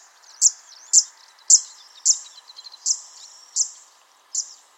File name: canto da fuinha dos juncos